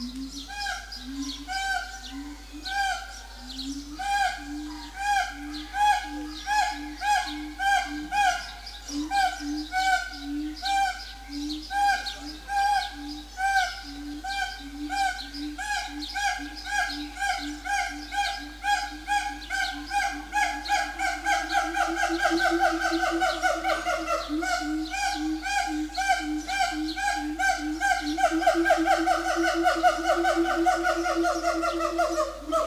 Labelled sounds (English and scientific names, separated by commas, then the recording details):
Siamang (Symphalangus syndactylus)
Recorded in captivity
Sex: male
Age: adult
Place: Zoo Berlin, Berlin, DE
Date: 2004-06-07 12:53
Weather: heiter bis wolkig, 23-25°C
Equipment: Sony WM-D6C, Sennheiser ME 80, Kopie Uher 4000 Report Monitor
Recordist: Tembrock, Günter